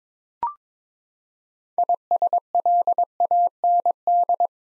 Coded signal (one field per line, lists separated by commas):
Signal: Morse code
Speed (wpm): 22 wpm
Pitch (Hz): 700 Hz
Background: none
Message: ISLAND